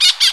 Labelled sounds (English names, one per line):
Brown-throated Parakeet contact call